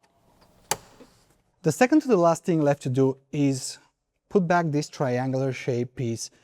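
A two-state plastic locking pin, lined up with its hole in the L-shaped interior trim panel of a Tesla Model 3 or Model Y with heat pump during a Commander install, is pressed in and gives one sharp click at 0.7 s as it locks in place. After a short quiet pause, someone talks.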